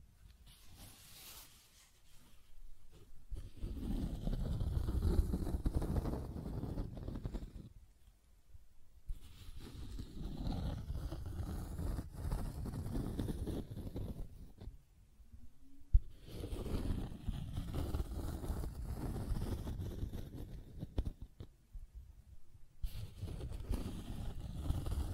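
Scratching and tracing sounds rise and fall in long rough swells, each lasting several seconds with brief quiet gaps around 8, 14 and 22 seconds. The scraping is low and rumbling with a thin hiss above, and a sharp click lands near 16 seconds.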